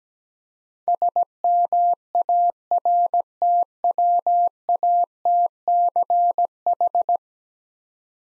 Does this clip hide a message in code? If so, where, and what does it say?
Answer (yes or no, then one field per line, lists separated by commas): yes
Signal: Morse code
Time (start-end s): 0.9-7.2 s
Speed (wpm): 17 wpm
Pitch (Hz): 700 Hz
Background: none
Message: SMARTWATCH